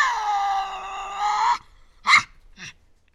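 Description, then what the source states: Tasmanian devil vocalizing: a long steady nasal whine lasting over a second, followed by two short harsh snorts. Resident devils in an enclosure at a conservation facility, Cradle Mountain, Tasmania, disputing who has priority; October 24, 2007.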